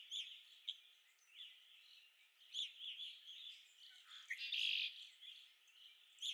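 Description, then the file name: Red-winged blackbird song: one dipping note then a grating, buzzy trill, surrounded by a busy background of chirps and tweets from other birds. Recorded at Okalees on 5 May 2021. "2021-05-05 RWBL 26 Okalees"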